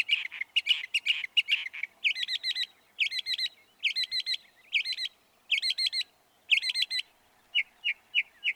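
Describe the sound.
Northern mockingbird song: phrases of harsh chirps, then rapid looped whistled notes repeated several times each, ending in short clear chips; no other sounds.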